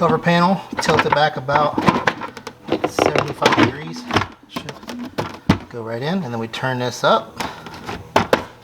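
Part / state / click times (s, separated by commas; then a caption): plastic trim cover panel into the trunk lid / seated / 8.2 s. A plastic trim cover panel for a BMW F30/F80 trunk lid is tilted back about 75 degrees, pushed in, and turned up while someone talks, with light plastic handling knocks along the way. A sharp click at 8.2 seconds marks the panel locking into place in the trunk lid.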